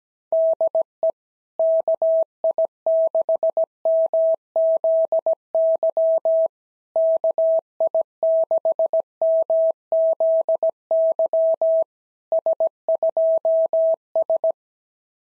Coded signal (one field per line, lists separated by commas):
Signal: Morse code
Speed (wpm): 15 wpm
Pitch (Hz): 650 Hz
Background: none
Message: DE KI6MZY KI6MZY S2S